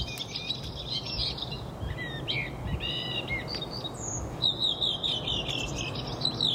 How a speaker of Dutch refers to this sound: Geen imiterende spreeuwen, maar 2 verschillende letters. Een koperwiek en een merel. En heel opvallend, ze lijken het voorjaar in hun bol te hebben.